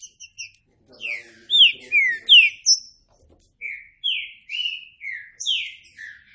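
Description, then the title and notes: Green-winged saltator song: a few short notes, then strong downward-sweeping whistles, paused, followed by another run of falling whistled phrases. Classic song style (canto clássico) of the green-winged saltator, made as a training recording. "Canto Clássico Trinca Ferro TREINAMENTO. trinca fero"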